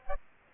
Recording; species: mosquito wingbeat signal from an infrared sensor; Culex quinquefasciatus